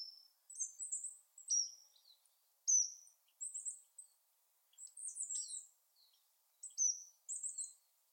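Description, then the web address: Bird calls: high-pitched, squeaky notes and short downslurred whistles, repeated in irregular clusters throughout, against a silent background. "Bird Only"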